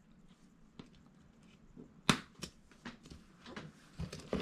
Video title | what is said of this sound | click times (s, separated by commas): 🌟DOLLAR TREE HACK🌟 $3.00 TOTE tutorial/WATER RESISTANT TOTE! | put it on and you'll hear that snap and | 2.1 s